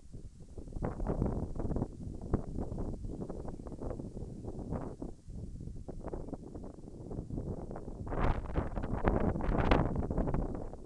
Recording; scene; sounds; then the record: everyday scene through a hearing-aid microphone; wind on the microphone; wind, birds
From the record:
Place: in front of a rural house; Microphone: behind the ear, left, front